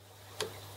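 While rechecking a CISS continuous ink system on an Epson WF-7720DWF printer, the last ink cartridge is pressed down into the printer carriage. A single short, sharp click sounds at 0.4 s over a steady low hum, showing the cartridge seats only now because it had not been fully clicked in before.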